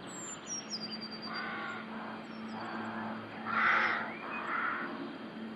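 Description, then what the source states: Rook caws, several rough grating calls, the loudest in the second half, with a low steady hum beneath and high bird chirps early on. Rook colony (rookery) in the UK.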